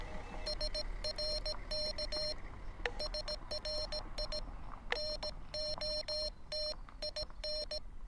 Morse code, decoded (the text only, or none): SRK SRI NOTIN